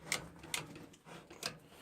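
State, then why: Not seated. The metal turntable of an Evolution R210CMS compact mitre saw is rotated by hand toward its angle detent. Sharp bright ticks sound at about 0.1, 0.5 and 1.5 seconds, with fainter ones between. The clip ends just before the turntable drops into the detent, so nothing has seated or locked in yet.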